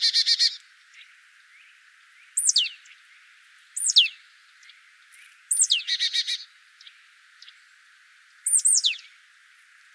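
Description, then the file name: Marsh tit giving repeated high sharp downslurred 'pitchoo' notes, some running into short buzzy 'dee' series, irregularly spaced. "Poecile palustris"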